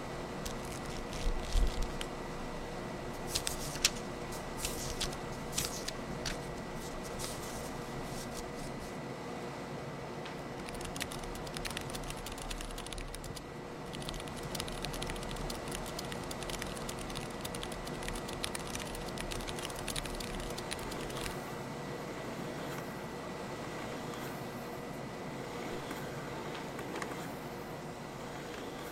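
Quick, sharp clicks and taps come in irregular bursts, thickest around 2–7 seconds and again near 11–13 and 17–22 seconds, like typing or flipping through pages. Underneath runs a steady low hum with a faint constant whine.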